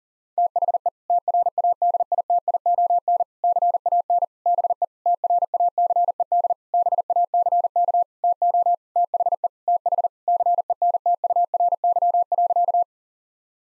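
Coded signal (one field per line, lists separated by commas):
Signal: Morse code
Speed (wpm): 40 wpm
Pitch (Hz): 700 Hz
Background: none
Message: THE TRADITION CAN BE TRACED BACK TO THE TH CENTURY.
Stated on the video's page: Head-copy drill of sentences with common six-word phrases at 40 wpm, each sentence sent, spoken, then sent again.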